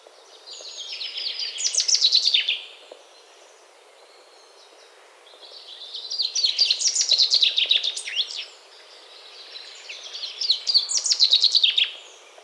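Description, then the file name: Common chaffinch song: three descending, rattling phrases, repeated every four to five seconds. "Fringilla coelebs"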